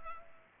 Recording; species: mosquito wingbeat signal from an infrared sensor; Culex pipiens